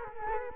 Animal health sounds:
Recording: mosquito wingbeat signal from an infrared sensor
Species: Culex quinquefasciatus

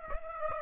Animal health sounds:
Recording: mosquito wingbeat signal from an infrared sensor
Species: Aedes aegypti

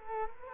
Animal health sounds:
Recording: mosquito wingbeat signal from an infrared sensor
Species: Culex quinquefasciatus

